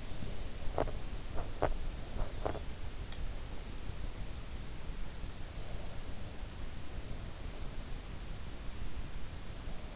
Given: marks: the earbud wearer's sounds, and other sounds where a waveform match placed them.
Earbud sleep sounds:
sounds in sleep by an in-ear microphone; teeth grinding
0.00-3.18 s: teeth grinding

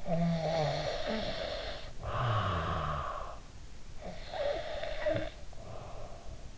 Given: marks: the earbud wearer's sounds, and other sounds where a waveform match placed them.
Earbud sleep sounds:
sounds in sleep by an in-ear microphone; snoring breath
0.02-3.41 s: snoring breath
3.81-6.58 s: snoring breath

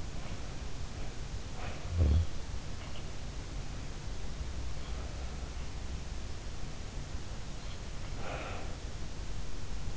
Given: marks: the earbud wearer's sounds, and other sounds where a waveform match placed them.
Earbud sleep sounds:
sounds in sleep by an in-ear microphone; snoring breath, breath
0.00-2.32 s: snoring breath
4.72-5.31 s: breath
8.13-8.87 s: breath

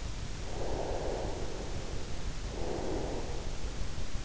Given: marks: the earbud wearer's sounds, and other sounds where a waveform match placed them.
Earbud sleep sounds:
sounds in sleep by an in-ear microphone; breath
0.58-3.36 s: breath

